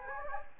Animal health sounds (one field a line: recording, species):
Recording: mosquito wingbeat signal from an infrared sensor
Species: Anopheles gambiae